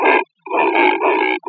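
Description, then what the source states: Neotropic cormorant giving harsh, guttural grunting calls: a short burst, a brief pause, then a longer croaking run, with a clipped note at the end and no other sounds. Recorded in Costa Rica.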